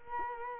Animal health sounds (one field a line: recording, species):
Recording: mosquito wingbeat signal from an infrared sensor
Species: Culex quinquefasciatus